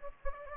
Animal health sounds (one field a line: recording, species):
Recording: mosquito wingbeat signal from an infrared sensor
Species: Anopheles gambiae